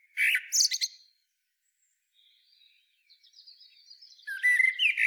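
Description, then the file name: Common blackbird song: a short burst of high squeaky twitters, a quiet pause with faint thin notes, then a new low, fluty warbled phrase beginning at the close. "Turdus merula"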